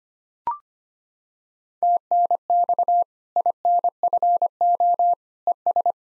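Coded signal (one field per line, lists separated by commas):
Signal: Morse code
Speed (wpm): 25 wpm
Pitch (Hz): 700 Hz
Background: none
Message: TNX INFO ES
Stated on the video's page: Practice QSO ending segment at 25 wpm for head-copy training, sent in Morse, spoken, then sent again.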